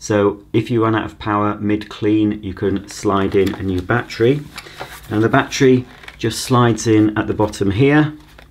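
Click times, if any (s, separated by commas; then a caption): none. A spare power-tool battery pack is slid into the bottom of the handle of a Bosch BCS111GB Unlimited cordless vacuum cleaner while someone talks throughout. The clip ends just before the battery goes home, so nothing has seated or clicked yet.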